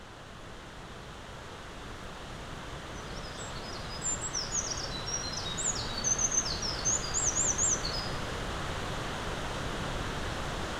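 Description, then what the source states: Eurasian wren singing a fast, high, tumbling phrase of sharp notes and rattling trills for about five seconds, against constant rushing background noise. Recorded 20 April 2026.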